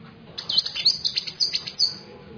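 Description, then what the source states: Bird song of quick, high, bright chirps and short twittering notes, delivered in a rapid uneven run of bursts. Masteran song used to train birds to sing.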